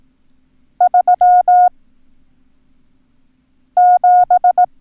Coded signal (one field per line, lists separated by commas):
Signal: Morse code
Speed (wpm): 18 wpm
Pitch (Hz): 720 Hz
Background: none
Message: 37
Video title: Learn Morse Code - Numbers - Lesson 1